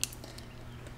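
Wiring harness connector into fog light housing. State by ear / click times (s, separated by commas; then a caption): seated / 0.0 s. A wiring harness plug is pushed into the back of an aftermarket Morimoto fog light on a 3rd-gen Toyota Tacoma. A sharp, bright click at 0.0 s is followed by a few much fainter ticks around 0.1, 0.2 and 0.4 s over a steady low hum. The connector seats snugly.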